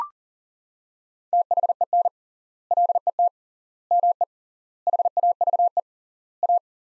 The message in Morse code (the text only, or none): THEN LET ME HAVE A